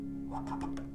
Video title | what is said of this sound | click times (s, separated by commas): Vogel holder replacement | and it pops right out | 0.8 s